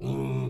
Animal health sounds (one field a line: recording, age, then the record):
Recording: pig call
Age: weaner (32 to 43 days)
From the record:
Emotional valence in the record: negative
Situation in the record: short isolation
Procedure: open field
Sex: female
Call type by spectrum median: low-frequency call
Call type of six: low-frequency stable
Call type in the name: low-frequency stable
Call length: 0.49 s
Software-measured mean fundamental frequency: 65 Hz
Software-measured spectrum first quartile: 136 Hz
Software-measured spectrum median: 228 Hz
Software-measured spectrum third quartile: 456 Hz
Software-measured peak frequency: 380 Hz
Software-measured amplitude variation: 82 dB a second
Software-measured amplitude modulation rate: 36.5 a second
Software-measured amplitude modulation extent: 2.3 dB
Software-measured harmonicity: -1.6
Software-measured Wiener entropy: -0.48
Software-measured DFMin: 1508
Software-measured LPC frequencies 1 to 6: 306, 934, 2432, 3494, 5951, 7515 Hz